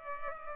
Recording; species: mosquito wingbeat signal from an infrared sensor; Culex pipiens